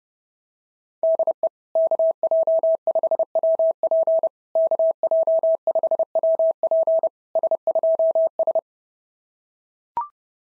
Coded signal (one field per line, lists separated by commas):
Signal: Morse code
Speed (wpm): 31 wpm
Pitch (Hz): 650 Hz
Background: none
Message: DE KJ5WP KJ5WP S2S